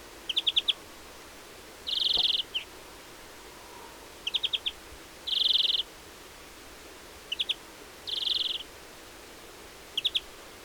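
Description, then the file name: European greenfinch repeating a pattern of rapid three- or four-note chatters, each followed by a nasal buzzy wheeze, roughly every three seconds. "Chloris chloris"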